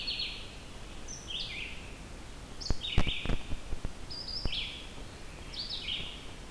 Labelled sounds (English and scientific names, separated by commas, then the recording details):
Red-eyed Vireo (Vireo olivaceus) song
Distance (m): 45 m
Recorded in boreal forest in Alberta, Canada, on 14 June 2016 at 06:40
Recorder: SongMeter 3, array SBT-3-33
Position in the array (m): 152 m, 182 m